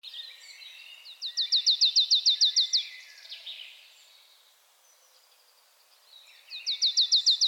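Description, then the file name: Marsh tit repeating a rapid string of chips, then starting another run near the end, with faint sounds of other birds around it. "Poecile palustris"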